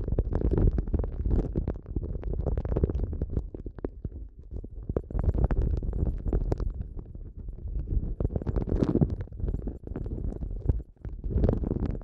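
Ear massage sounds: dense, low rubbing and muffled thumps pressing continuously, with brief crackling touches scattered throughout and a short lull near ten seconds.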